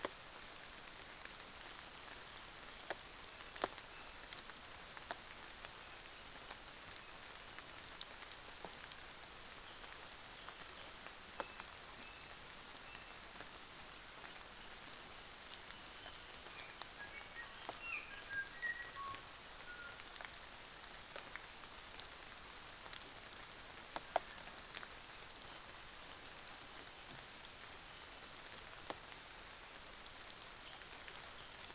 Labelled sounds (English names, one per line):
North Island Saddleback